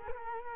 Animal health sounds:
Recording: mosquito wingbeat signal from an infrared sensor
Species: Culex quinquefasciatus

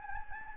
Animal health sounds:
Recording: mosquito wingbeat signal from an infrared sensor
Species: Anopheles gambiae

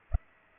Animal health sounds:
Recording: mosquito wingbeat signal from an infrared sensor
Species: Culex pipiens

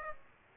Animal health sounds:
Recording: mosquito wingbeat signal from an infrared sensor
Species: Aedes aegypti

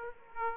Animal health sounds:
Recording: mosquito wingbeat signal from an infrared sensor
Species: Aedes aegypti

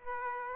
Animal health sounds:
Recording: mosquito wingbeat signal from an infrared sensor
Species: Aedes aegypti

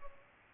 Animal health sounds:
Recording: mosquito wingbeat signal from an infrared sensor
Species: Culex pipiens

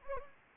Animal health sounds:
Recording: mosquito wingbeat signal from an infrared sensor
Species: Anopheles gambiae

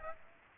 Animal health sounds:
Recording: mosquito wingbeat signal from an infrared sensor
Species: Aedes aegypti

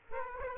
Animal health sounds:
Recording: mosquito wingbeat signal from an infrared sensor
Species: Aedes aegypti

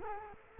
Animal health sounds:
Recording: mosquito wingbeat signal from an infrared sensor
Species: Culex quinquefasciatus

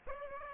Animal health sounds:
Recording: mosquito wingbeat signal from an infrared sensor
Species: Aedes aegypti

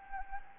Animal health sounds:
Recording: mosquito wingbeat signal from an infrared sensor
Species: Anopheles gambiae

